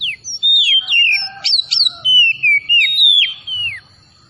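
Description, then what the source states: Oriental magpie-robin song of loud, clear whistled phrases, several sweeping down in pitch, with short rising notes between and a thin steady high tone throughout. Bird described as gacor (singing vigorously); kacer from Tretes.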